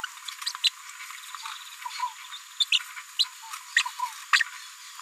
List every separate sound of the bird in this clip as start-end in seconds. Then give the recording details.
0.64-0.69, 1.45-1.47, 2.60-2.64, 2.72-2.78, 3.19-3.24, 3.76-3.83, 4.33-4.43. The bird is a female. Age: 31 days. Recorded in a nest box in Venezuela. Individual 17B73B2